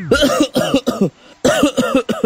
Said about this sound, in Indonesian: Gorengan terus. Es terus. Batuk terus.